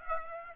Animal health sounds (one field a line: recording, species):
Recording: mosquito wingbeat signal from an infrared sensor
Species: Aedes aegypti